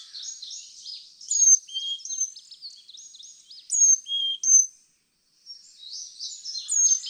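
Carolina chickadee song: high, clear whistled notes alternating with lower whistles amid busy, twittering chatter, in bursts with a brief pause near the end.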